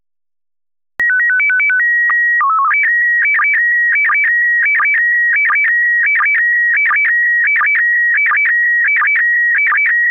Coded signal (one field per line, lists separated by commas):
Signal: SSTV (slow-scan television)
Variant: PD 90